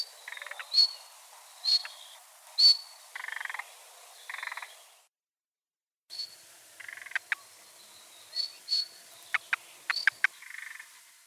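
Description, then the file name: Thrush nightingale song in sparse bursts: high clicks, short buzzy phrases and sharp ticks, separated by pauses, with a brief silent gap midway. "solovey obyknovennyy golos"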